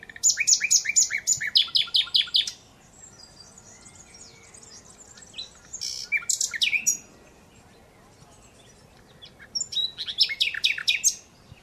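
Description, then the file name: Common Nightingale song: varied phrases of sharp chirps and quick repeated notes, separated by silent pauses of several seconds. "Luscinia megarhynchos"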